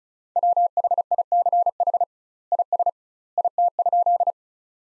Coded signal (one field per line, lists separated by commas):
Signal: Morse code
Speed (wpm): 36 wpm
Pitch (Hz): 700 Hz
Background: none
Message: WHICH IS IT?